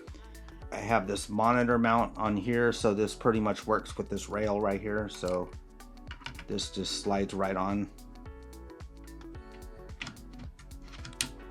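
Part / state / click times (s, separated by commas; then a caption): monitor mount onto camera cage rail / seated / 11.2 s. A monitor mount is slid onto a rail on a camera cage while someone talks over background music, with small scrapes and taps as it slides on. A sharp click at 11.2 s marks the mount locking into place on the rail.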